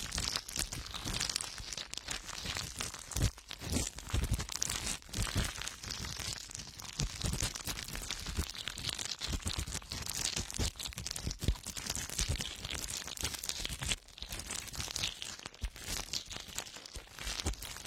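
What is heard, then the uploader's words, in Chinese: Crisp crinkling and scratching of ear cleaning, dense and continuous with quick irregular rustles and brief pauses, bright throughout. 酥麻掏耳。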